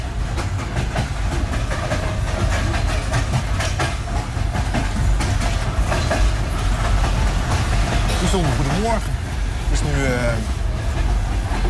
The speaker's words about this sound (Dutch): En de trein begint een beetje wakker te worden. Iedereen staat een beetje op. En langzaam rijden we dus echt Kiev binnen.